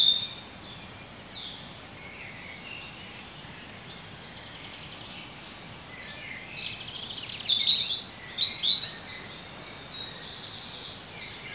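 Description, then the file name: European robin song: faint high notes at first, then thin high warbled phrases near the end. "Erithacus rubecula"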